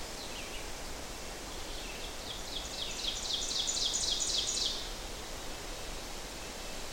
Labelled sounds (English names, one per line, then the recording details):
Ovenbird song
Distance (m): 60 m
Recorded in boreal forest in Alberta, Canada, on 12 June 2016 at 06:55
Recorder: SongMeter 3, array SBT-3-18
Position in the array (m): 257 m, 102 m
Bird 31